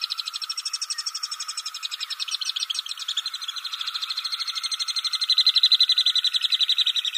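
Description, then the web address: Alpine Swift trilling scream, one continuous fast pulsing trill that slowly drops in pitch and grows louder toward the end. "Schulze Peter Alpine Swift"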